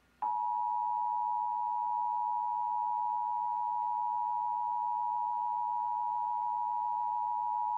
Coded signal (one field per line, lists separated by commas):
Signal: Emergency Alert System (SAME) tones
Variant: 853 and 960 Hz attention tone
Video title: EAS History - Broadcasts for the Past 20 Years! (2002 - 2022)